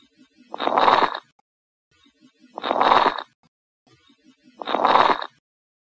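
Adult lung sounds through a stethoscope: three evenly spaced breaths, about one every two seconds, each carrying a rough, grainy, popping texture. These are coarse crackles, discontinuous bubbling sounds that point to fluid or secretions in the larger airways.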